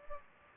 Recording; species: mosquito wingbeat signal from an infrared sensor; Anopheles gambiae